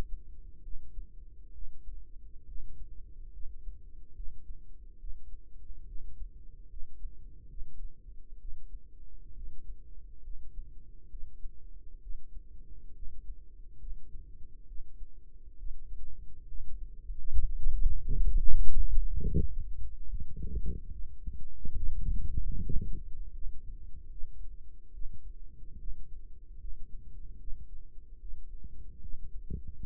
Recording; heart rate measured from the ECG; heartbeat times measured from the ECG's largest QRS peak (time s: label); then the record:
heart sounds by microphone in the right ear; 70 bpm
0.61 s: heartbeat
1.52 s: heartbeat
2.45 s: heartbeat
3.31 s: heartbeat
4.14 s: heartbeat
4.98 s: heartbeat
5.86 s: heartbeat
6.68 s: heartbeat
7.48 s: heartbeat
8.39 s: heartbeat
9.34 s: heartbeat
10.21 s: heartbeat
11.09 s: heartbeat
12.00 s: heartbeat
12.93 s: heartbeat
13.78 s: heartbeat
14.66 s: heartbeat
15.57 s: heartbeat
16.46 s: heartbeat
17.30 s: heartbeat
18.23 s: heartbeat
19.21 s: heartbeat
20.08 s: heartbeat
20.90 s: heartbeat
21.75 s: heartbeat
22.56 s: heartbeat
23.33 s: heartbeat
24.10 s: heartbeat
24.92 s: heartbeat
25.78 s: heartbeat
26.59 s: heartbeat
27.38 s: heartbeat
28.19 s: heartbeat
29.00 s: heartbeat
29.79 s: heartbeat
From the record:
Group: healthy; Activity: rest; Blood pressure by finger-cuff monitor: 101/66 mmHg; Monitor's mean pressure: 76 mmHg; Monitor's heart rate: 69 bpm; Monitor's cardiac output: 5.1 L/min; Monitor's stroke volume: 75 mL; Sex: female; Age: 36 years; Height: 163 cm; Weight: 88 kg